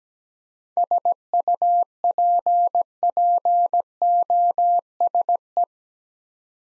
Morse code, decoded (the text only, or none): SUPPOSE